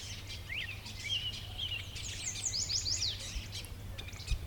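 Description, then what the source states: Yellow warbler song: a run of bright, clear, high slurred notes over a steady low rumble. Clear song described as 'sweet, sweet, sweet, shredded wheat'; recorded in the badlands.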